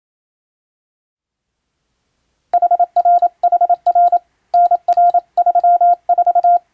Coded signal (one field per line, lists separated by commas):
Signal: Morse code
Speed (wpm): 27 wpm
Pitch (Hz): 700 Hz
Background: none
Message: HRHR NR34